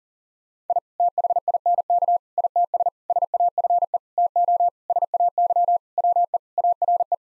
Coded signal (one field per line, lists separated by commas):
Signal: Morse code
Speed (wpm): 40 wpm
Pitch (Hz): 700 Hz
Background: none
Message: I THINK ITS SAFE TO SAY WE ARE